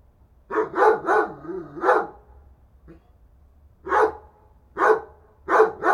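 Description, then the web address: Dog barking, a rapid run of four barks with a growly trail, a pause, then a few more spaced barks. "Effects 02-Birds, Insects Animals. Animals dogs"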